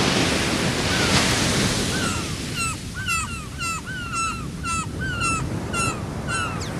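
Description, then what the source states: Gull calls: repeated sharp, down-slurred cries roughly every half second over loud surf and wind rush. Beachside.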